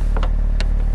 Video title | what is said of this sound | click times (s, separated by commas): WAAROM IS DEZE PORSCHE 911 ZO BIJZONDER? • DriversDream | hoor je hier dus klik | 0.2 s, 0.6 s